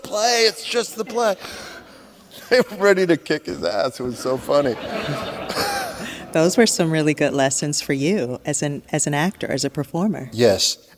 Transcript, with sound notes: it's just the play. They were ready to kick his ass. It was so funny.
(LAUGHTER)
Those were some really good lessons for you as an actor, as a performer.